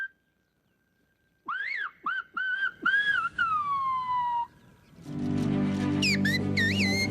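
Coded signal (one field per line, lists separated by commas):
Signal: whistled language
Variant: Silbo Gomero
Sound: loud gliding whistles rising and falling in short phrases, pausing between bursts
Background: low background noise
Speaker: el silbador puede comunicarse y transmitir mensajes noticiosos convocatorias a fiestas bautizos bodas o funerales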